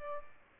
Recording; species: mosquito wingbeat signal from an infrared sensor; Aedes albopictus